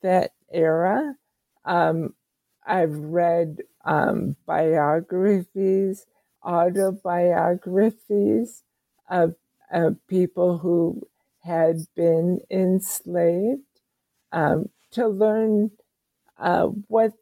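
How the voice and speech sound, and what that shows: An adult woman with ALS, diagnosed about seven years earlier and a very slow progressor, speaks slowly and haltingly in short bursts, with long pauses and drawn-out sounds: dysarthria from ALS. Her voice is slow and her talking is limited.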